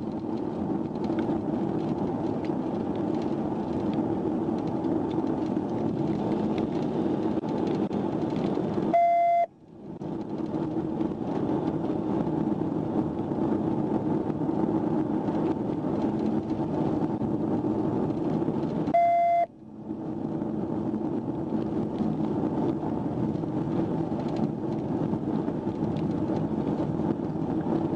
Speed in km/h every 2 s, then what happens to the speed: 85, 82, 87, 90, 97, 101, 105, 105, 108, 113, 113, 116, 118, 114.
3-17 speeds up to 113. 17-28 steady at about 114.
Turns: none.